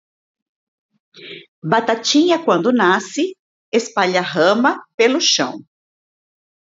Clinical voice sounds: short text; Brazilian Portuguese; female; 50 to 59 years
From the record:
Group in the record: control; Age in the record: 51 years

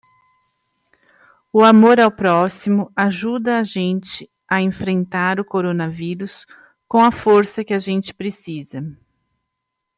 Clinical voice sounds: spoken sentence; Brazilian Portuguese; female; 40 to 49 years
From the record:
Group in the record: control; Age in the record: 49 years

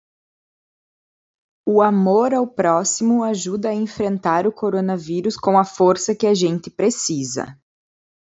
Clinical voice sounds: spoken sentence; Brazilian Portuguese; female; 30 to 39 years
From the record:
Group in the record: control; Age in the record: 33 years

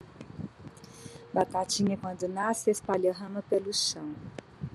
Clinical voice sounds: short text; Brazilian Portuguese; female; 50 to 59 years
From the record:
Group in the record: control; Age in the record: 55 years

